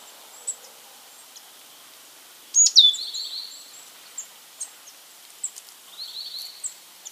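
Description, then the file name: Rufous-vented tit calling: one sharp high whistle falling steeply into a thin buzzy trill, then a second buzzy trill later, with scattered faint ticks around. "periparus rubidiventris"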